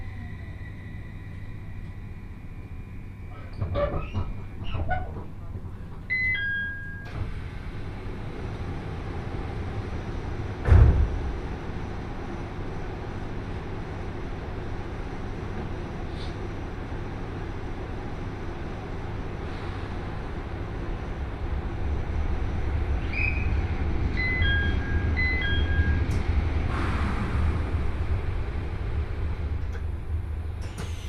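A Joban Line train ride from Sendai to Hamayoshida, with a steady low rumble throughout. Short descending chime tones sound around 4–7 seconds and again near 23–26, a sharp thump lands at about 11 seconds, and the running noise swells toward the end.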